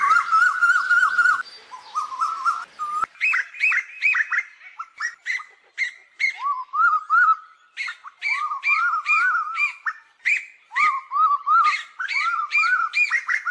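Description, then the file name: Asian koel calls, busy and loud, with a trilled opening followed by quick series of arched, rising-falling whistled notes in irregular bursts. Calling the flock. "Tieng chim tu hu goi bay"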